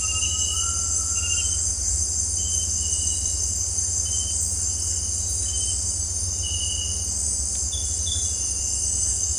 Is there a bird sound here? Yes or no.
yes